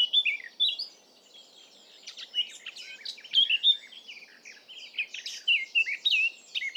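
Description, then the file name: Eurasian blackcap warbling in rapid, irregular phrases of scratchy chatter mixed with brighter whistled notes, pausing briefly between bursts. "Sylvia atricapilla"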